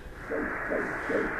A measurement of the blood flow in baby's brain. Good. That's normal. Yeah, because it's meant to be going in fast, supplying the brain.